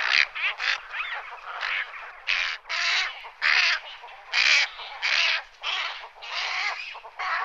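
Ibis calls, a series of harsh, noisy squawks with short gaps between them.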